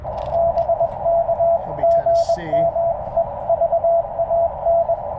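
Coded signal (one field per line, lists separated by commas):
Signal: Morse code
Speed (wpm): 21 wpm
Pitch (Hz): 670 Hz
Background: radio noise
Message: BK GM EVAN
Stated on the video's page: CW sent during a POTA park activation using the CFT-1, a five-band QRP CW rig for 40, 30, 20, 17 and 15 m.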